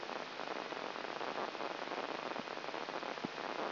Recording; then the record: brain microelectrode recording played as sound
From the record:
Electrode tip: inside the subthalamic nucleus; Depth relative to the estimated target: -3 mm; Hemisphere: right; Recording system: AlphaMap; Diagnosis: Parkinson's disease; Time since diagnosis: 24 years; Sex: female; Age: 57 years